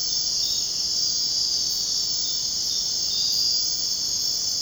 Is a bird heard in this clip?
no